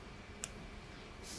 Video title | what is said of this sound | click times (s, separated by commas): Cardiovascular Fellows' Boot Camp 2021 Cardiology Day 1 July 31 2021 LIVESTREAM | and remember whenever you take out the dilator you put it back in you hear a small click | 0.4 s